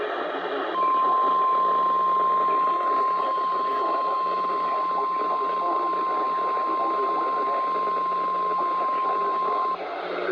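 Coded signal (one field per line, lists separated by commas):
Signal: Emergency Alert System (SAME) tones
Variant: 1050 Hz attention tone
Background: speech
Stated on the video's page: Monthly tests relayed by radio stations, one originated five minutes early with a pre-roll message inserted between attention tones.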